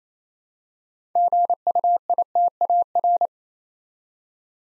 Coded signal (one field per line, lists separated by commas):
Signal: Morse code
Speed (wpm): 29 wpm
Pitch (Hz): 700 Hz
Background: none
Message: GUITAR